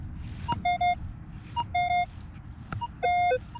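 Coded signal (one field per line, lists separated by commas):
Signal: none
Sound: a metal detector's beeps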